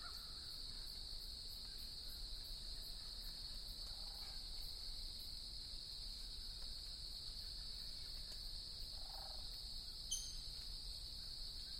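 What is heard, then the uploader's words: A steady, unbroken insect trill, like crickets, holds a high, bright pitch through the whole stretch, with a fainter, even higher whine above it. Soft low murmurs surface around four and nine seconds, and a brief sharp tick lands just after ten seconds. Starting at 6:20 AM EST in Mud Lake Bog. At first I was annoyed by the sounds of vehicles impinging on the sounds of nature. I am surprised in this recording how at times there almost seems to be calls and responses between the wildlife and human generated sounds.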